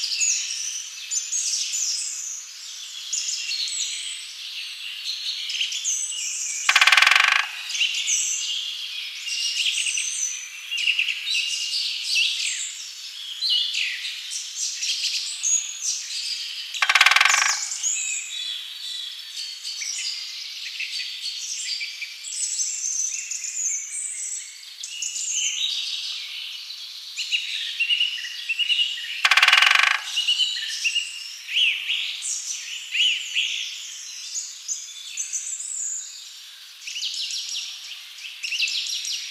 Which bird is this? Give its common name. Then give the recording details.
Great Spotted Woodpecker. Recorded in the wild. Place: Lilienhof / Kaiserstuhl, Baden-Württemberg, DE. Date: 2011-03-12. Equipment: MiniDisc Sharp MT 20 H. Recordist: Schwarz, Dieter. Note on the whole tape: Drumming